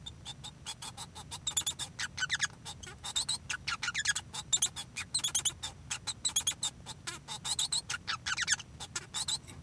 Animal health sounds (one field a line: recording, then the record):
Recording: song of a male Bengalese finch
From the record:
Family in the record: son of father 1